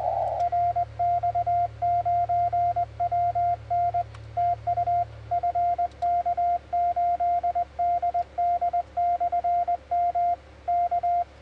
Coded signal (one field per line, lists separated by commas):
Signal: Morse code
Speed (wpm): 20 wpm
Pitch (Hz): 2100 Hz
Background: radio noise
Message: RX9WN TU FK8DD/M K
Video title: FK8DD/m QSO with IZ0EUX RX9WN on 20m 17/09/2015